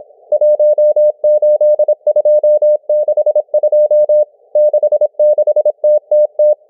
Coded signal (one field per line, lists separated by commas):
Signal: Morse code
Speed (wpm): 26 wpm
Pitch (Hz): 600 Hz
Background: none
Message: 18262 66TTT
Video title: M12 Morse Code Numbers 01/02/2024 1420 UTC 17473kHz